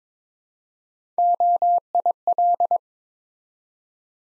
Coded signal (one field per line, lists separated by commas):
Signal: Morse code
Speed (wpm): 22 wpm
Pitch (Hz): 700 Hz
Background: none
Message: OIL